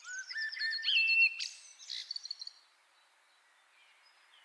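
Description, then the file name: Common blackbird: one short fluted phrase ending in a squeaky high twitter, then near silence with a faint note at the end. "Turdus merula"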